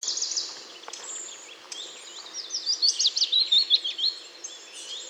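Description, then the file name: Eurasian blackcap warbling song, a loud run of fluty whistled notes midway, with other high chirps over a noisy background. "Sylvia atricapilla"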